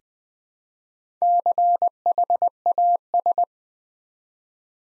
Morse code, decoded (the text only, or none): CHAS